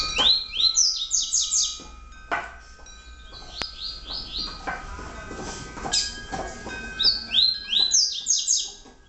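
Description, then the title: Double-collared seedeater giving quick runs of sharp, descending high notes in repeated phrases. "Canto Coleiro"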